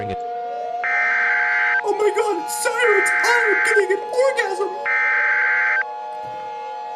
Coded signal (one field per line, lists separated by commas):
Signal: Emergency Alert System (SAME) tones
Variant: header bursts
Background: speech